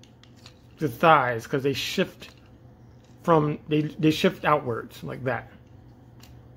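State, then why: Seated. Someone talks while the plastic thighs of a Transformers Masterpiece MP-53 Skids (Honda City Turbo) transforming-robot figure are shifted outward during transformation, with faint plastic handling ticks early on. At 6.2 s a small sharp click is heard as the thigh joint seats into its hip socket detent, clicking into place.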